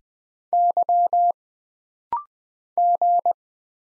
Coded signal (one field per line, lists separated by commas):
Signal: Morse code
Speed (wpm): 20 wpm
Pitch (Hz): 700 Hz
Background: none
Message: Y G